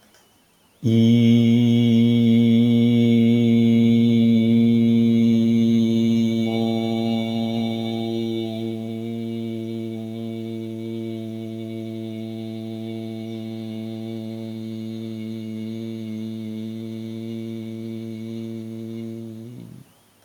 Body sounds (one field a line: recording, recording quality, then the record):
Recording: sustained vowel as in beet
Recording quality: excellent, no background noise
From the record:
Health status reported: recovered from COVID-19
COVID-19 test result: negative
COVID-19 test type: RT-PCR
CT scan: taken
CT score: 5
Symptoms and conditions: none ticked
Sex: male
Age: 49 years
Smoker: no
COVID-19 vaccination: both doses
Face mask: not worn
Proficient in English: yes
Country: India